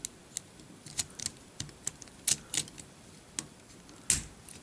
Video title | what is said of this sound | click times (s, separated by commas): Generations Voyager BLITZWING: EmGo's Transformers Reviews N' Stuff | There you go. See, it actually clicked into place. | 4.1 s